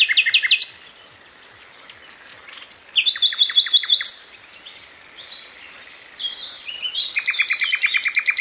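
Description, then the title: Flycatcher song: a high trill, a quieter pause, then sharp notes and varied phrases, with a rapid repeated series toward the end. Song used as training material (masteran) for songbirds; full-speed, tight rapid-fire 'tembakan' song style. "Suara Burung Sikatan Londo Masteran Tembakan Full Speed Rapet"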